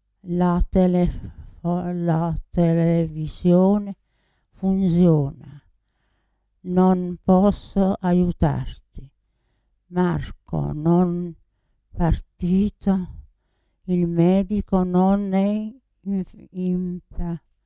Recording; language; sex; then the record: read phrases; Italian; female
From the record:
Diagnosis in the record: Parkinson's disease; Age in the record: 80 years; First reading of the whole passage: 169 s, 3.1 characters per second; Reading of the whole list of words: 101 s, 2.8 characters per second